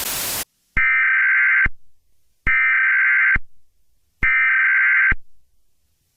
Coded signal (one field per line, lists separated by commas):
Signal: Emergency Alert System (SAME) tones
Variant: header bursts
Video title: EAS Scenario #24: Mickey Error III The Next Chapter